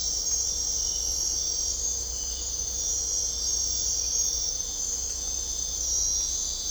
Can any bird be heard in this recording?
no